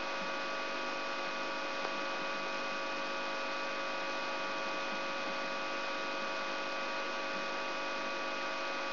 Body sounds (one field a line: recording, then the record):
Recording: brain microelectrode recording played as sound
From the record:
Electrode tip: outside the subthalamic nucleus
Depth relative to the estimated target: -8 mm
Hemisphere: right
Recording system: AlphaMap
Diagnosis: Parkinson's disease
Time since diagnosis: 23 years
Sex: male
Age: 65 years